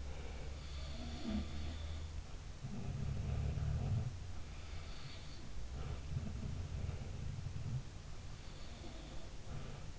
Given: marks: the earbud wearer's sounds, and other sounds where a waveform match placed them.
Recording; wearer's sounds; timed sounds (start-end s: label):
sounds in sleep by an in-ear microphone; breath
0.00-0.79 s: breath
0.70-4.19 s: sound from someone else or the room
5.64-7.94 s: sound from someone else or the room
8.76-9.99 s: sound from someone else or the room